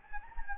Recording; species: mosquito wingbeat signal from an infrared sensor; Anopheles gambiae